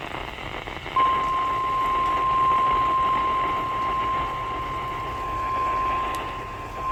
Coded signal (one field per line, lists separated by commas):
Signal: Emergency Alert System (SAME) tones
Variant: 1050 Hz attention tone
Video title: KEY WEST'S TAKEOVER - EAS Alerts from 11/15/23 (New EAS 239-249)